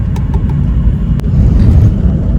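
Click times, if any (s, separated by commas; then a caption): none. A passenger in the back of a vehicle tries to push the seat belt tongue into the buckle over a steady low vehicle rumble, with a few faint taps near 0.2 s and 0.3 s and a brief sharp tick at 1.2 s. The belt fails to latch, and nothing has clicked into place.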